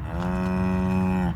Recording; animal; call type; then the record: contact call of a hoofed animal; cattle; low-frequency (closed-mouth) or high-frequency (open-mouth) call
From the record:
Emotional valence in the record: negative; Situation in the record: full separation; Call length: 1.36 s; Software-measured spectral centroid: 1580 Hz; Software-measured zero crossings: 650 a second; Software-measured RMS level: -24 dBFS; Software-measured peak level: -14 dBFS